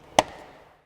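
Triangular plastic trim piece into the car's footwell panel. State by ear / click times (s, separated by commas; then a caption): seated / 0.2 s. A triangular plastic trim piece on a Tesla Model 3 or Model Y with heat pump is pressed in and forward into the car's footwell panel. A single sharp, loud snap at 0.2 s marks its clips seating, followed by a faint, fading tail. The trim piece is seated in place.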